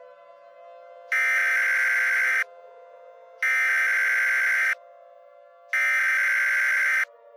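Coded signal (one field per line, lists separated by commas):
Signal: Emergency Alert System (SAME) tones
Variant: header bursts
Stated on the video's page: Mock EAS alert, a fictional recreation voiced by its creator.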